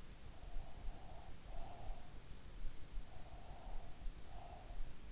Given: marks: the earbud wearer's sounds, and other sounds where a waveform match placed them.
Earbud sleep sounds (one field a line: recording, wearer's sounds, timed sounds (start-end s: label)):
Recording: sounds in sleep by an in-ear microphone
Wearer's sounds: breath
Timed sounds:
0.34-2.24 s: breath
3.08-4.81 s: breath